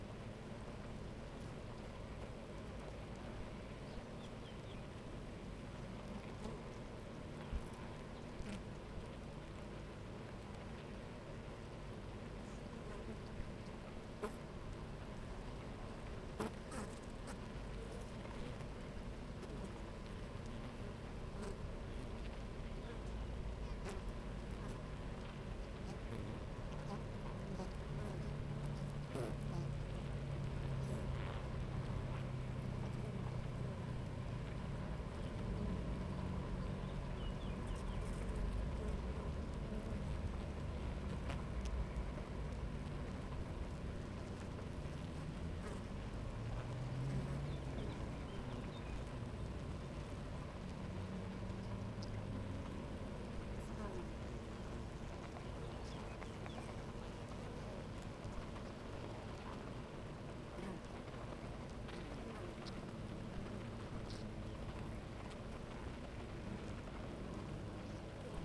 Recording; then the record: honeybee colony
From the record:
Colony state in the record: active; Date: 28 July 2017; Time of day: 9:40